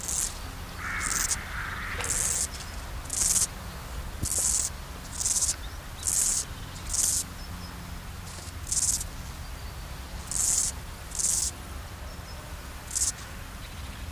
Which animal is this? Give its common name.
Steppe Grasshopper